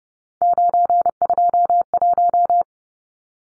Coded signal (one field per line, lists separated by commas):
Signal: Morse code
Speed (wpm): 30 wpm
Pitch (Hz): 700 Hz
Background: none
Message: 921